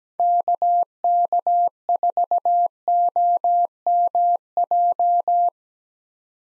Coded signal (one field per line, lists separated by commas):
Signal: Morse code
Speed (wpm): 17 wpm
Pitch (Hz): 700 Hz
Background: none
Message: KK4OMJ